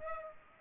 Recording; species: mosquito wingbeat signal from an infrared sensor; Culex pipiens